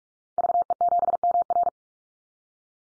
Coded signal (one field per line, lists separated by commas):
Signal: Morse code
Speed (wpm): 44 wpm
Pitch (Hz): 700 Hz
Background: none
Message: VE7MR